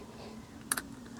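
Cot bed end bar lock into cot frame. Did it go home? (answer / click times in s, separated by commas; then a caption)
yes / 0.7 s. A camper presses the end bar of a folding cot bed frame until its lever lock snaps into place, tensioning the fabric. Against a low steady background, a sharp click sounds at 0.7 s, followed by a softer second snap at about 0.8 s. The lever lock has seated.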